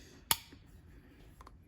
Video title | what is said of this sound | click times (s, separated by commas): “GEARS CENTRAL “ Part 1 of The PROPER Rebuild of YOUR E4OD/4R100 Rebuild. | that snapped i heard a good snap there | 0.3 s